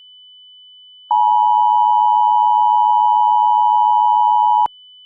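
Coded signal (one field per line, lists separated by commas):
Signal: Emergency Alert System (SAME) tones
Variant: 853 and 960 Hz attention tone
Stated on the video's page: Fictional EAS scenario about acid weather, simulated alert.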